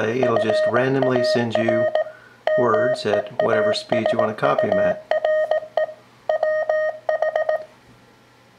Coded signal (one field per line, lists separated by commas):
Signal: Morse code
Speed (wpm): 18 wpm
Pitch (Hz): 620 Hz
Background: speech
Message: FAR MEASURE WH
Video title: Ways to practice your CW copy